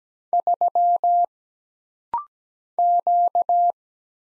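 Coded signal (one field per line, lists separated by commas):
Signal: Morse code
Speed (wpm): 17 wpm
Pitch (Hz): 700 Hz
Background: none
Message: 3 Q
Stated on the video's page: Rapid-fire single-character Morse practice at 17 wpm: letters, numbers, punctuation and prosigns for instant character recognition.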